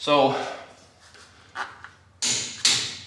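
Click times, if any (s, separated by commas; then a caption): 2.7 s. Someone talks briefly, then a click-type torque wrench is pulled by its bar to recheck an already torqued wheel lug nut. It clicks right away at about 2.7 s, confirming the nut is at the set torque, so there is no need to turn it further.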